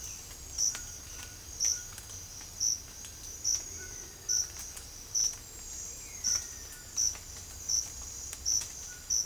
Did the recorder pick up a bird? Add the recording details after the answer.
no. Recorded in secondary vegetation near Puerto Asís, Putumayo, Colombia, on 22 December 2024 at 07:00. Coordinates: 0.481, -76.318. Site G042